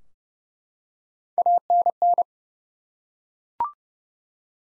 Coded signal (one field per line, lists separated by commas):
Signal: Morse code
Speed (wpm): 30 wpm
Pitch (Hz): 700 Hz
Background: none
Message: ANN